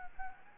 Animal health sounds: mosquito wingbeat signal from an infrared sensor; Anopheles gambiae

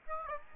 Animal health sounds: mosquito wingbeat signal from an infrared sensor; Aedes albopictus

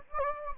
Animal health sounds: mosquito wingbeat signal from an infrared sensor; Anopheles gambiae

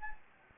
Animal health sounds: mosquito wingbeat signal from an infrared sensor; Anopheles gambiae

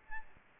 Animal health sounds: mosquito wingbeat signal from an infrared sensor; Aedes albopictus

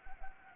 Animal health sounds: mosquito wingbeat signal from an infrared sensor; Anopheles gambiae

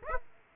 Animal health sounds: mosquito wingbeat signal from an infrared sensor; Aedes aegypti

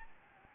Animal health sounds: mosquito wingbeat signal from an infrared sensor; Anopheles gambiae

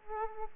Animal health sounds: mosquito wingbeat signal from an infrared sensor; Aedes aegypti

